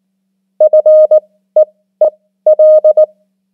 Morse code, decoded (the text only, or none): FEEL